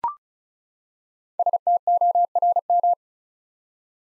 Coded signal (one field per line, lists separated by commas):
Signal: Morse code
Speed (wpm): 36 wpm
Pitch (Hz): 700 Hz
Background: none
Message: STORM